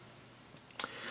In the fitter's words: You have to make sure it locks into place.